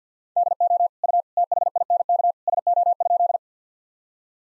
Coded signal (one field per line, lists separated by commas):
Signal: Morse code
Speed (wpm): 50 wpm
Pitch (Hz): 700 Hz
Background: none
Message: DO U THINK SO?